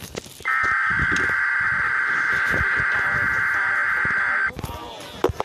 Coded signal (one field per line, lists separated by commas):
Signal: Emergency Alert System (SAME) tones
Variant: header bursts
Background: speech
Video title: WTTE TV FOX 28 EAS TEST FAIL 2021